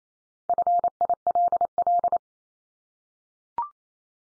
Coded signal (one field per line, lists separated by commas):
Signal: Morse code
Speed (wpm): 28 wpm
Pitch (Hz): 700 Hz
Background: none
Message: FILL